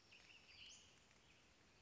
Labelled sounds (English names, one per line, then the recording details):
Western Flycatcher
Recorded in Sonoma County, California